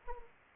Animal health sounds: mosquito wingbeat signal from an infrared sensor; Anopheles arabiensis

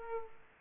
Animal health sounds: mosquito wingbeat signal from an infrared sensor; Aedes aegypti

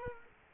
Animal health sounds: mosquito wingbeat signal from an infrared sensor; Culex quinquefasciatus

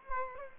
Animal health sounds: mosquito wingbeat signal from an infrared sensor; Culex quinquefasciatus

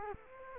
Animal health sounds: mosquito wingbeat signal from an infrared sensor; Culex quinquefasciatus

